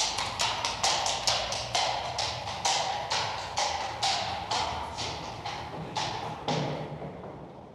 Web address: Madacy Music Group Inc Sound Effects - Horse On Street - Trot